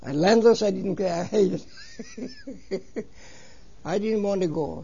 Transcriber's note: he laughs